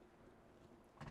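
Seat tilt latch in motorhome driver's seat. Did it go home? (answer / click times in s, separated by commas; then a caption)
yes / 1.0 s. In a 2027 Newmar Super Star motorhome, the driver's seat back is tilted with its adjustment lever and the lever is then released. Over a steady low rumble and hiss, a short click is heard at 1.0 s as the seat tilt latch engages and locks into place.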